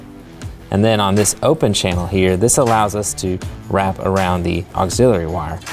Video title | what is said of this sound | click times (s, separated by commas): 2021+ F150 & RAPTOR CREE LED SPARTAN HOOD LIGHTS (FROM F150LEDs.com) | insert it all the way in and then we'll use some pliers to squeeze down you'll hear it click into place | 0.4 s